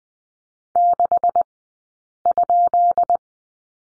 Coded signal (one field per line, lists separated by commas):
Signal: Morse code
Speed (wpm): 20 wpm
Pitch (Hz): 690 Hz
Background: none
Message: 6?